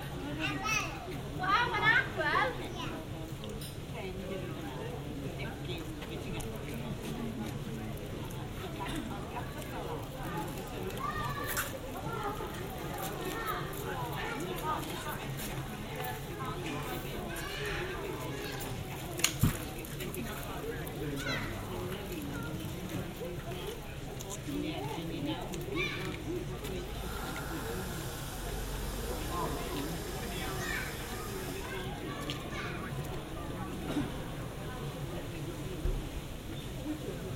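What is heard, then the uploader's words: Café ambience at a botanic garden: a steady murmur of overlapping voices with occasional louder clatters, including sharp knocks near twenty seconds. Botanic Garden Café. Carmarthenshire, July 2020. Recorded using the Sennheiser AMBEO Smart Headset.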